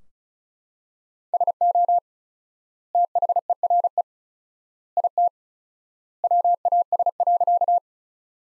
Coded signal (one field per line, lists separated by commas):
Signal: Morse code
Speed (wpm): 36 wpm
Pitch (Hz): 700 Hz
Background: none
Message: SO THERE IT WAS.